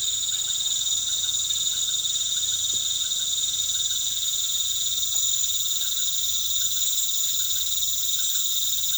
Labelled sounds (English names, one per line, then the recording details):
none
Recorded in pastures near Puerto Asís, Putumayo, Colombia, on 12 March 2025 at 18:30
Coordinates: 0.487, -76.322
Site G077